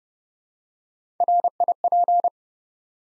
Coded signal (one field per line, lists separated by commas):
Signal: Morse code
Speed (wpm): 30 wpm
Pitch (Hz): 700 Hz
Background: none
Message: RIP